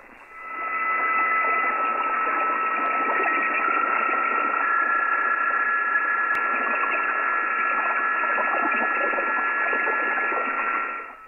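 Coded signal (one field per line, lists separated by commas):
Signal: PSK31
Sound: steady radio hiss with a few faint, steady, narrow warbling tones underneath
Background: radio static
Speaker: oops he's stuck in transmit he tries a different macro and the Handover is accomplished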